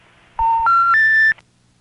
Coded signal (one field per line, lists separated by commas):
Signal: telephone call progress tone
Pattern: special information tone